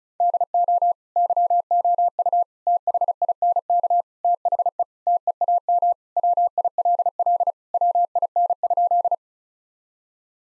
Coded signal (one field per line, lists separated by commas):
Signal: Morse code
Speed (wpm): 36 wpm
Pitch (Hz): 700 Hz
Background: none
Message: DO YOU THINK THE TEAM WILL WIN?